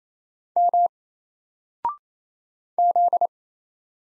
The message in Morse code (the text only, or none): M Z